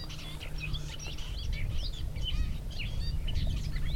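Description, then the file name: Garden warbler singing a dense, continuous warble of quick rising and falling notes, with a constant low-pitched hum beneath it. "lehtokerttu"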